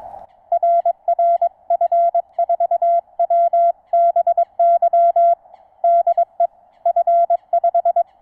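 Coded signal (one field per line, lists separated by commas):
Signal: Morse code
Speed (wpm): 22 wpm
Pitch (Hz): 680 Hz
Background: none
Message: RR F4WBY DE F5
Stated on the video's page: Morse contact in French on 80m using NVIS propagation with a low-slung wire antenna.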